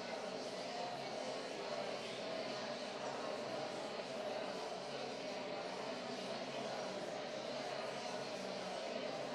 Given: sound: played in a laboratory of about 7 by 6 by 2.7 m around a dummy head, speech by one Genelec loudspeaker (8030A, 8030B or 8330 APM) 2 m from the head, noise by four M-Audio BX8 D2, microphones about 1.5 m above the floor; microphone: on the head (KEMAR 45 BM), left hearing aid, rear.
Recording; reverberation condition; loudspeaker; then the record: babble noise; high; four, about 170 cm from the corners of the room and facing them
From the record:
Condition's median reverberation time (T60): about 1300 ms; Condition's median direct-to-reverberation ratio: about -4.0 dB